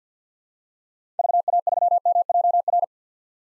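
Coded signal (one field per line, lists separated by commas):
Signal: Morse code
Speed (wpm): 50 wpm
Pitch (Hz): 700 Hz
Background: none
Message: VA3MJR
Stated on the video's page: Morse call sign head-copy drill at 50 wpm: common POTA hunter call signs, each sent, then sent again.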